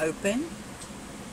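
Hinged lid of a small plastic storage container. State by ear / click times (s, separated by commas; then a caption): not seated / none. The hinged lid of a small plastic drill storage container is handled while someone talks briefly, with a steady low background hum underneath. The lid has not snapped shut yet; nothing has seated or clicked in this clip.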